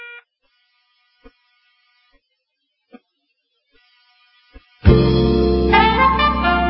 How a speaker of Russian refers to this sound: В трубке загудели гудки.